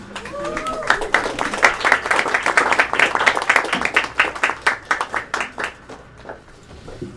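An audience breaks into applause, a dense patter of many hands clapping that swells, holds steady, then thins into scattered claps and fades out.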